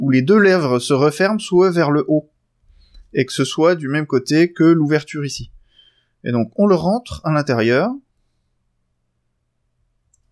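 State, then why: Seated. Someone talks while a crimped metal Dupont pin is positioned with the opening facing up and pushed into a plastic connector housing. After a quiet pause, a small click is heard at 10.1 s as the pin seats, and it then holds without moving.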